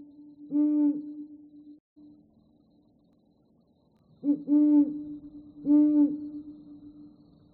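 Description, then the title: Bird giving a few low, steady hooting notes, spaced out with pauses between them. "pajaros"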